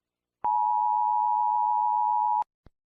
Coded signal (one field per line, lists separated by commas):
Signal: Emergency Alert System (SAME) tones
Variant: 853 and 960 Hz attention tone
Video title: Mount Baker: An EAS Scenario/Story (pt.2)